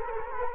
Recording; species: mosquito wingbeat signal from an infrared sensor; Culex quinquefasciatus